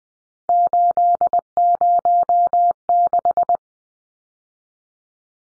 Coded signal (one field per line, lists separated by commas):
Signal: Morse code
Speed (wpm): 20 wpm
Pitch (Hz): 700 Hz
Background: none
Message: 806